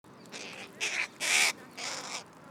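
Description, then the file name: Carrion crow cawing, four harsh, hoarse caws a quarter to half a second each with short gaps, the third loudest. "Corvus corone"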